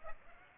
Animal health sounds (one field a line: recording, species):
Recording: mosquito wingbeat signal from an infrared sensor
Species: Aedes aegypti